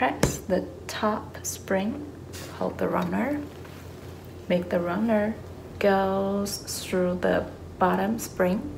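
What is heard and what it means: Someone talks while closing an umbrella, pressing the top spring, holding the runner and pushing it down the shaft toward the bottom spring catch. The runner is handled but not yet home, and nothing has seated or clicked yet.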